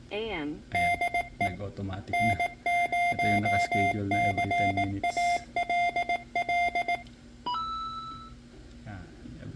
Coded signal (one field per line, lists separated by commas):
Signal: Morse code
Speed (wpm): 18 wpm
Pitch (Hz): 700 Hz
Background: speech, music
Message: DE N0CALL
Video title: Ham Radio Voice Keyer Web UI